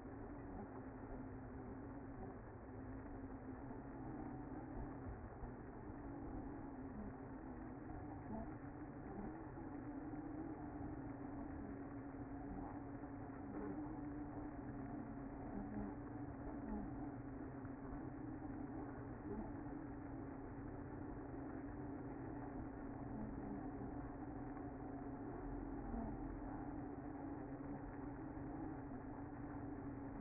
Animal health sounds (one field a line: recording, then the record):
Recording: honeybee colony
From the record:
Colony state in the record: active